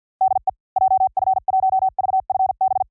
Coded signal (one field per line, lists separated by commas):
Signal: Morse code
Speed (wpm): 49 wpm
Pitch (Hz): 760 Hz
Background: none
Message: DE JF1VFB